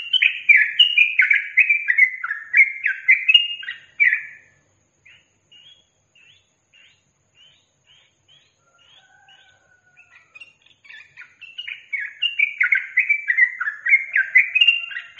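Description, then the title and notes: Yellow-vented bulbul song: quick bursts of short, slurred, bubbly notes in a rapid run, a quiet gap with faint scattered notes, then another fast warbling burst. Caged-bird training recording featuring the tembakan and ropel song styles. "MASTERAN Trucukan Tembakan Dan Ropel. BURUNG TRUCUKAN"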